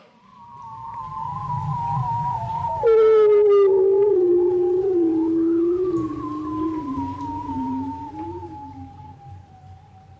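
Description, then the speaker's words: Bearded seal song underwater, long warbling, slowly descending trilled tones, with a second higher wavering tone above. Bearded seals singing under Arctic sea ice, recorded with hydrophones below the surface of open water; songs sung in that place for tens of thousands of years. "And these are bearded seals singing under the Arctic sea ice."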